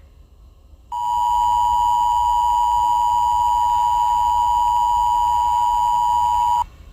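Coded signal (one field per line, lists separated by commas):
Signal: Emergency Alert System (SAME) tones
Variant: 853 and 960 Hz attention tone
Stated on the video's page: Fictional EAS scenario about a film monster; simulated alert tones.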